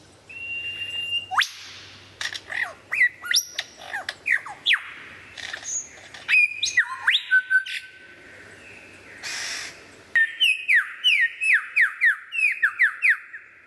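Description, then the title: White-rumped shama singing a varied medley of sharp whistles, upslurs and clipped notes, then finishing with a quick series of falling whistled notes. Described as the best murai batu of 2014, used for mastering (song training). "mster Mnuk. Mastering Murai Batu Terbaik 2014"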